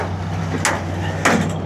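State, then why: Seated. A pickup truck bed cover, a Dodge Ram SRT Viper truck with a V10 and manual gearbox, is pulled closed by its handle toward the tailgate end and ratchets into place. Over a steady low hum, sharp clicks land at 0.7 s and 1.3 s. The cover latches closed and locks in place.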